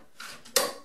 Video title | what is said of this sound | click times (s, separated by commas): PowerBlock Elite 90 Dumbbell Video Review | actually hear a little click right there that's the magnet engaging the metal bar | 0.6 s